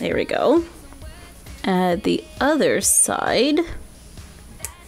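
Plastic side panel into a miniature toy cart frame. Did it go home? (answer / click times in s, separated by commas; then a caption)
yes / 4.7 s. Someone talks while assembling a miniature plastic toy shopping cart, then presses the other plastic side panel onto the cart frame with one sharp hit. A short, sharp snap at 4.6 s marks the panel seating into place.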